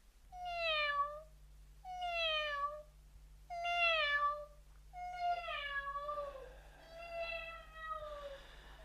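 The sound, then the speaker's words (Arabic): A cat meows about six times in a steady series, each call a clear, mid-pitched, downward-sliding cry, the later ones longer and slightly drawn out, over a faint low hum. “فتمثل في صورة قطة وديعة تنتقل بين الجميع في قفزات سريعة.”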